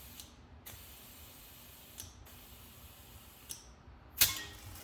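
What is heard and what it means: A bicycle tire on a 1967 Schwinn Typhoon is inflated with a little pressure so its rubber bead seats onto the steel wheel rim. Soft hiss and handling noise are broken by sharp ticks near 2.0 s and 3.5 s and a louder snap at 4.2 s. No words are spoken, and nothing has seated yet: the clip ends just before the bead goes home.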